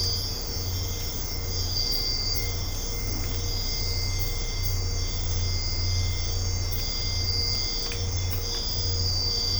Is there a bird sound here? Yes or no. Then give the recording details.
no. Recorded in secondary vegetation near Puerto Asís, Putumayo, Colombia, on 20 December 2024 at 05:00. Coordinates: 0.502, -76.326. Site G028